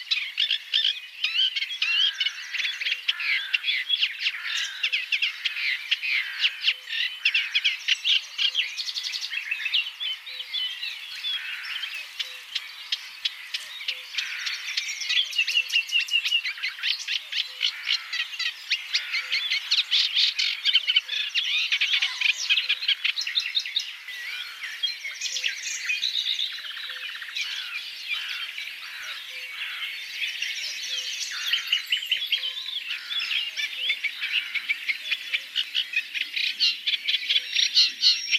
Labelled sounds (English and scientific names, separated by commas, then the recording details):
Eurasian Reed Warbler (Acrocephalus scirpaceus) song
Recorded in the wild
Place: Waltershofen / Freiburg im Breisgau, Baden-Württemberg, DE
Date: 2003-05-17
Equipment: MiniDisc Sharp MT 20 H, Sennheiser MKH 816
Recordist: Schwarz, Dieter